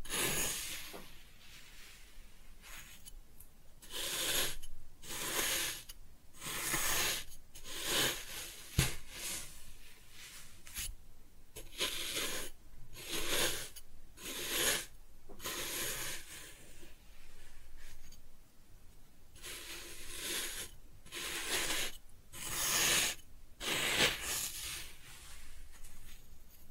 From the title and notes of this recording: ASMR Kinetic Sand Cutting and Scooping Sounds (No Talking).